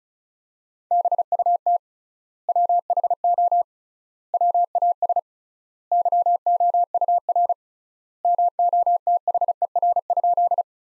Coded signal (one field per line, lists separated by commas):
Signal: Morse code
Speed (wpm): 36 wpm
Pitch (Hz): 700 Hz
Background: none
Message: BUT WHO WAS YOUR MOTHER?